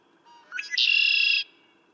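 Red-winged blackbird song: soft opening notes leading into a rough, buzzing trill of about half a second.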